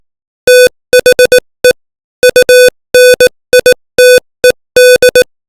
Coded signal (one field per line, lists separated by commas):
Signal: Morse code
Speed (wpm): 18 wpm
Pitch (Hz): 500 Hz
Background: music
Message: THE UNITED